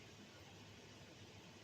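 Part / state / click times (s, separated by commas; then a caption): ignition coil wiring connector onto coil / not seated / none. The third ignition coil electrical connector is pushed onto its coil after the rear spark plugs are replaced on a 2007-2016 GMC Acadia 3.6L V6. Only a steady, even broadband hiss is heard throughout, with no sharp sounds. The connector has not clicked or latched.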